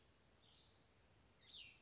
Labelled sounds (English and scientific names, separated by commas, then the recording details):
Cassin's Vireo (Vireo cassinii)
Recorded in Sonoma County, California